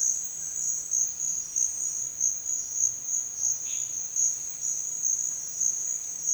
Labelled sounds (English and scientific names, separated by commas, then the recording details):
none
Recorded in dense forest near Puerto Asís, Putumayo, Colombia, on 25 June 2025 at 10:30
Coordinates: 0.468, -76.322
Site GP03